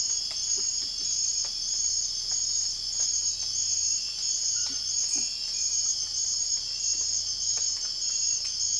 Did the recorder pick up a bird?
no